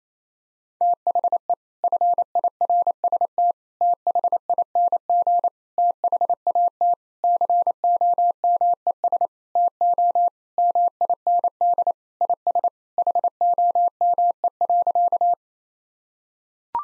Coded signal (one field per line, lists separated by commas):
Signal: Morse code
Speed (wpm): 28 wpm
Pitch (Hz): 700 Hz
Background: none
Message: THE FIRST THING THAT COMES TO MIND IS HOME.